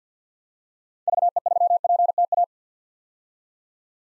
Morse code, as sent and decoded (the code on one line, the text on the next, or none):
...- . ...-- .--. - .-
VE3PTA